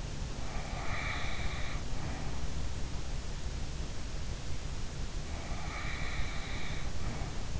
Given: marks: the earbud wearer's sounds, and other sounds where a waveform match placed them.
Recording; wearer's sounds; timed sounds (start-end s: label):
sounds in sleep by an in-ear microphone; snoring breath
0.46-2.44 s: snoring breath
5.36-7.60 s: snoring breath